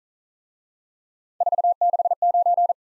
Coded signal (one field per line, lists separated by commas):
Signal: Morse code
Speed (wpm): 40 wpm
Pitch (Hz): 700 Hz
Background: none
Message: 469